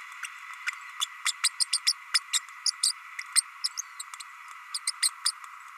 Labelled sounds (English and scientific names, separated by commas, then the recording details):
Green-rumped Parrotlet (Forpus passerinus) babbling
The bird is a male
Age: 30 days
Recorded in a nest box in Venezuela
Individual 17B32A6